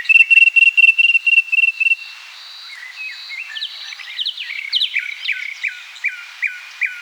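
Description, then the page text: Eastern common nightingale song opening with a loud, fast, rhythmic trill, followed by varied squeaky phrases and sharp, evenly spaced chirps. Eastern form, singing. "Eastern Common Nightingale Song. Quick Sounds"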